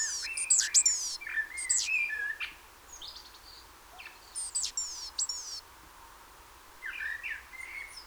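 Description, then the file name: Great tit giving bursts of high descending notes separated by quiet gaps, mixed with some lower chirps and short whistles. "Parus major"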